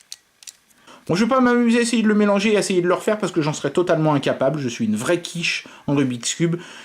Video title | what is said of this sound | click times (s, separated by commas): Film de cubes : test de trois Rubik's Cube chinois. | permettent au système de venir se clipser. On entend un petit clic. | 0.1 s